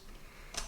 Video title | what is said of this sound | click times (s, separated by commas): VRET Headset Tutorial - Anxiety Disorder - Mental Health Awareness - OCD Treatment | then pops into place | 0.6 s